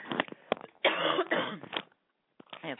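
A short run of about two to three harsh, forceful coughs in quick succession from an adult woman with a nasty cold. Each begins abruptly, with throat-clearing noises before and after.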